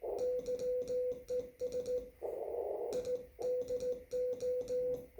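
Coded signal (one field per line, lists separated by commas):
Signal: Morse code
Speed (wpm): 17 wpm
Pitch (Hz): 500 Hz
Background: music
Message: YES I DO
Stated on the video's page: CQ call and CW conversation at 1 watt on the 30 meter band between southwest Ohio and northern Wisconsin, 519 miles apart.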